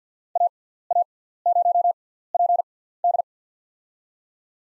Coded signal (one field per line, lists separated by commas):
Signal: Morse code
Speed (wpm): 50 wpm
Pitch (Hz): 700 Hz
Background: none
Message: AA0PD